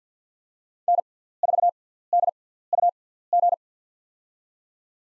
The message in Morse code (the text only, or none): N4DUG